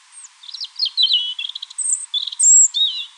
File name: Erithacus rubecula